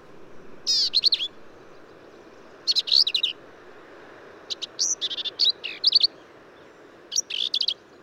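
Black-capped vireo singing: brief jumbled phrases of harsh, chattering and clear high notes, given in quick succession with short pauses between them.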